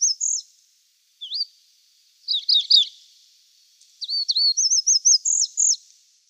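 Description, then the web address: Chestnut bunting song in short, high fragments: a few slurred notes, a pause, a jumbled cluster, then a quick series of bright repeated notes. "Schulze Peter Chestnut Bunting song"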